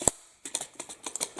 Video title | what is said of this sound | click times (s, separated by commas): Glock Happy Sticks for PCC | of wobble positive click drops | 0.1 s